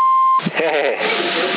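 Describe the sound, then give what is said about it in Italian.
A phone gives one steady, mid-pitched beep lasting under half a second, then it cuts off and a person starts talking over a thin, band-limited line. “Ehi, un attimo il telefono, tanto lei.”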